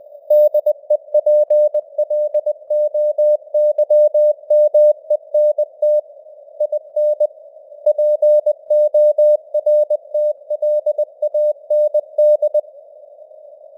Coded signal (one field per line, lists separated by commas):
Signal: Morse code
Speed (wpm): 20 wpm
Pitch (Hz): 600 Hz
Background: none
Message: DEPLOYMENT IN PORTLAND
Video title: Morse Code News | 2025-10-29 | 20wpm